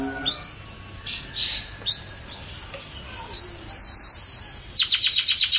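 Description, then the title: Canary song of scattered chirps and whistled notes, a short buzzy note, then a quick burst of repeated descending sweeps at the close. "Kenari"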